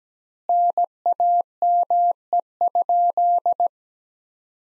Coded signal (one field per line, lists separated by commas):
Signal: Morse code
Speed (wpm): 17 wpm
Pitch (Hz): 700 Hz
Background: none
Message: NAME?